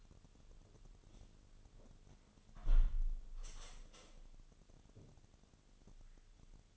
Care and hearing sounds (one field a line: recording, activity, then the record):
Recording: daily activity, microphone in the room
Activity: close window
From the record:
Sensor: 4